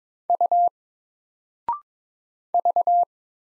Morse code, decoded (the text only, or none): U V